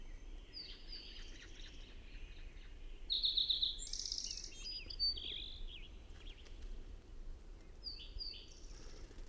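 Bird song in short high whistled and buzzy phrases with gaps between them, heard over a steady low hiss.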